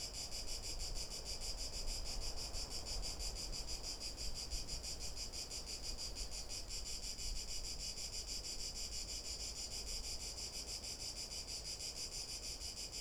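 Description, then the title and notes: Cicada song, a steady high-pitched buzzing drone pulsing rapidly throughout, over a low background rumble. Cicada recorded from boardwalks around the lake at the Albufera de Valencia, Spain, on an afternoon walk; sea and lake audible; Zoom H1n recorder. "Valencia, España - Paseo por la Albufera. Chicharra [Cicadidae]"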